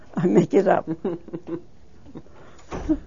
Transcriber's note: they laugh